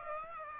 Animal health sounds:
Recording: mosquito wingbeat signal from an infrared sensor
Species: Aedes aegypti

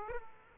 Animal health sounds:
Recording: mosquito wingbeat signal from an infrared sensor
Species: Aedes aegypti

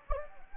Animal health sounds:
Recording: mosquito wingbeat signal from an infrared sensor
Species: Anopheles gambiae

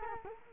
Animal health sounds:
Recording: mosquito wingbeat signal from an infrared sensor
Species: Culex quinquefasciatus

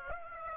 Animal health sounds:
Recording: mosquito wingbeat signal from an infrared sensor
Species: Aedes aegypti

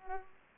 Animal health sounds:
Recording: mosquito wingbeat signal from an infrared sensor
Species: Culex pipiens

